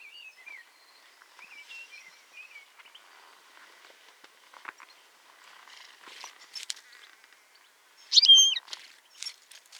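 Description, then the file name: European goldfinch calls: a few soft twittering notes at first, scattered chirps, then a loud sharp call burst near the end followed by quieter notes. "Carduelis carduelis"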